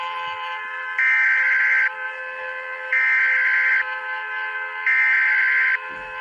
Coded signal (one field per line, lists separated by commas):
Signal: Emergency Alert System (SAME) tones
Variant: header bursts